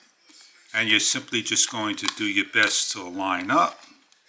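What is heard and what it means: Someone talks while lining up the small arrows on the plastic grinder housing of an LCCV rechargeable automatic electric salt and pepper grinder (black mill, 2-piece set) to close it onto the mill body. Nothing has seated or clicked yet; the clip ends just before the housing goes home.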